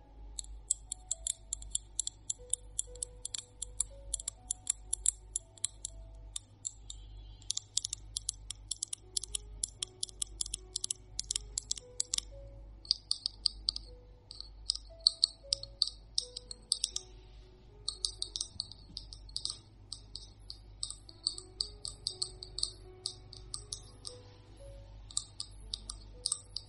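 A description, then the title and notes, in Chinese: Long fingernails tap and click on hard objects in quick, uneven bursts, sharp and bright, with brief pauses between runs. Crisp, the taps continue through the whole stretch over a low steady hum and faint soft tones in the background. 减压长指甲敲击物品音。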